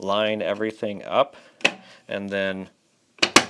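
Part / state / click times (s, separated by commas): side wiring cover onto battery cabinet standoffs / seated / 3.2 s, 3.4 s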